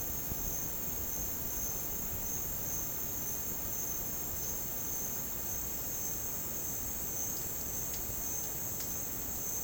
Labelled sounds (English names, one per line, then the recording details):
none
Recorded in dense forest near Puerto Asís, Putumayo, Colombia, on 22 June 2025 at 09:30
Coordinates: 0.486, -76.317
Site G065